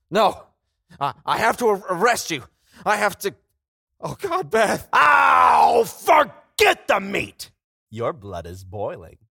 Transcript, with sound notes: No - I have to ar-arrest you. I have to - oh God, Beth!!
[SCREAMING] Forget the meat! Your blood is boiling!